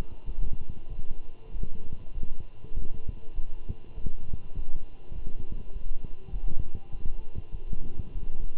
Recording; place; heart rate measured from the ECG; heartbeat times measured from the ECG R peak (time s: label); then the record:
heart sounds by stethoscope; between the tricuspid and mitral areas; 99 bpm
0.26 s: heartbeat
0.89 s: heartbeat
1.52 s: heartbeat
2.14 s: heartbeat
2.75 s: heartbeat
3.35 s: heartbeat
3.95 s: heartbeat
4.56 s: heartbeat
5.14 s: heartbeat
5.73 s: heartbeat
6.32 s: heartbeat
6.92 s: heartbeat
7.52 s: heartbeat
8.14 s: heartbeat
From the record:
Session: walking at 3.7 km/h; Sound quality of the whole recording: good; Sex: male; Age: 24 years